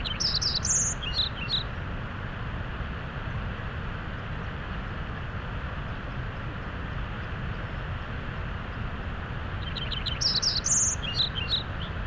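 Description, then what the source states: Lincoln's sparrow giving two short, rapid songs of sweet, tumbling high notes about ten seconds apart, with a constant roar of flowing water between them. Singing beside Tonahutu Creek at Big Meadows, west side of Rocky Mountain National Park, Colorado; roaring creek nearby; song described as sweet sounding with a little melancholy.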